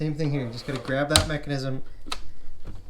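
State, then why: Seated. Someone talks while squeezing the second-side locking device under a drawer box onto the runner of a Blum Movento adjustable soft-close undermount drawer slide. A single sharp tick is heard at 2.1 s as the locking device clicks into place, and the drawer is seated.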